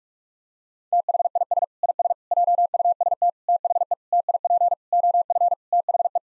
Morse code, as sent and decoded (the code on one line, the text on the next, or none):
- .... .. ... / .. ... / .--- ..- ... - / - .... . / - .. .--. / --- ..-. / - .... .
THIS IS JUST THE TIP OF THE